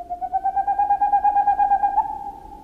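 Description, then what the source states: Boreal owl song: a rapid, even trill of soft hoots on one steady pitch, fading at the end. Sung on moonless spring nights; range across Alaska and Canada, and from Scandinavia to Siberia.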